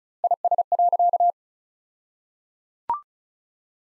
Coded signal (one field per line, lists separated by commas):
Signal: Morse code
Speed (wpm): 34 wpm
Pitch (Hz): 700 Hz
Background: none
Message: IS.